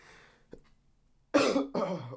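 An adult man who is sick coughs twice in quick succession.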